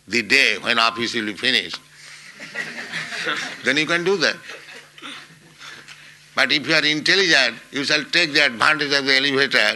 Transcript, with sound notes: the day when office will be finished," [laughter] then you can do that. But if you are intelligent, you shall take the advantage of the elevator;